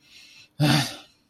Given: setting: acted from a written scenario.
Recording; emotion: vocal sound without words; anger